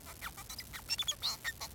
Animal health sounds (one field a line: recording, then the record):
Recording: song of a male Bengalese finch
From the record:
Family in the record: son of father 4